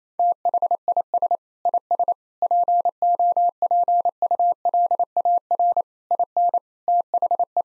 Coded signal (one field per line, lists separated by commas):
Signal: Morse code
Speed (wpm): 27 wpm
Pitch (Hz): 700 Hz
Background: none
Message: THIS IS POPULAR IN THE